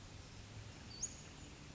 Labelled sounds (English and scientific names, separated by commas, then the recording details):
Western Flycatcher (Empidonax difficilis)
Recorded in Sonoma County, California